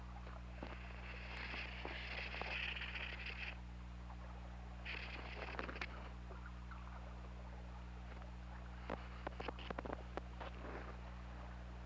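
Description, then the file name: Orca pulsed calls, two buzzy harmonic bursts of about two seconds and one second, followed by scattered clicks and short calls, over a constant low underwater hum. Recorded on the OrcaLab hydrophone, 16 February 2018, at 20:02 in the evening. "Orca Lab 20180216 200245"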